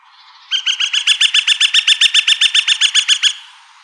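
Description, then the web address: Gilded Flicker calling: a rapid, even run of many sharp wik notes, lasting nearly three seconds. Recorded by Deviche, apparently on 29 March 2003. "Woodpeckers AZFO GIFL deviche"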